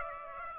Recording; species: mosquito wingbeat signal from an infrared sensor; Aedes aegypti